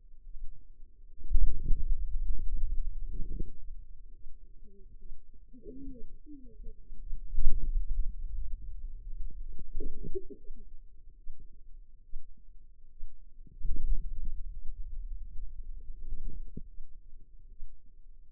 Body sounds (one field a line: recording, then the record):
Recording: forearm muscle sounds (acoustic myography)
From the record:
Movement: pen grasping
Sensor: system 2, bracelet of six BSWA MPA416 microphones around the upper forearm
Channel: 1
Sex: female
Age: 25 years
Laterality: right